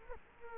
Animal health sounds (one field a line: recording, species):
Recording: mosquito wingbeat signal from an infrared sensor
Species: Culex quinquefasciatus